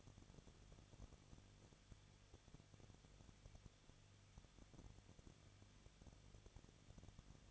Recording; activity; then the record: daily activity, microphone in the room; no activity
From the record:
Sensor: 4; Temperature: 23.0 degrees Celsius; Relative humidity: 34.6%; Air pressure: 1007.3 hPa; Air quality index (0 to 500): 217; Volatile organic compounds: 15 ppm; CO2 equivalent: 2516 ppm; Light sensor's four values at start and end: 2/3/1/1 and 2/3/1/1